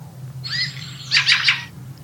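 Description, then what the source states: Fieldfare call: a thin, squeaky note followed by a harsh, chattering burst of rapid chack notes, over a low steady hum. Call described as unmistakable, not confused with any other species once heard outdoors.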